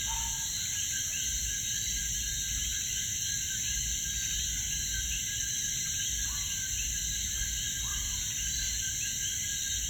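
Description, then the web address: Coquí calling with brief, sharp tonal notes, two standing out near the end, over a continuous shrill insect chorus. Frogs recorded at Piñones, Puerto Rico. "puerto rico Cokees frogs Pignones"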